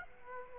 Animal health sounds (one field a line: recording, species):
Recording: mosquito wingbeat signal from an infrared sensor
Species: Aedes aegypti